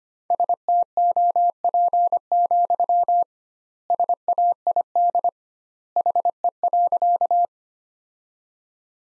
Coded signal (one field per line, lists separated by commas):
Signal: Morse code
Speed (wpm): 25 wpm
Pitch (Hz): 700 Hz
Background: none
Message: STOP, SAID HE.